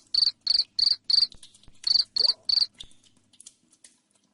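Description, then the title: Cricket making shrill, evenly spaced chirps, four then three, after which only faint ticking remains. Loud cricket chirping (ngerik) played to make lovebirds sing (ngekek) continuously. "Suara JANGKRIK NGERIK Keras Bikin LOVEBIRD Jadi NGEKEK Terus"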